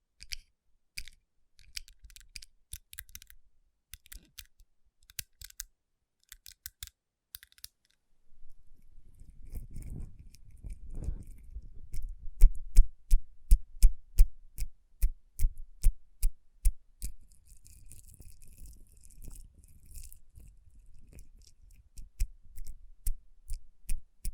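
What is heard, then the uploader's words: Tapping and rubbing on rhinestone-covered palms, opening with light, crisp clicks in short bursts over the first eight seconds. After a brief pause, a soft low rubbing swells while sharper, regular taps take over, evenly spaced and strongest around twelve to sixteen seconds, with faint scratchy brushing continuing to the end. Tapping & Rubbing Rhinestone Covered Palms.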